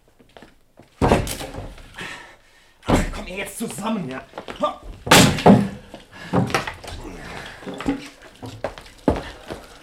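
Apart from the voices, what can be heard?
door being kicked open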